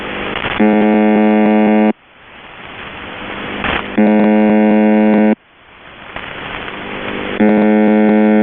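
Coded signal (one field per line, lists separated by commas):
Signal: channel marker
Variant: UVB-76 (The Buzzer)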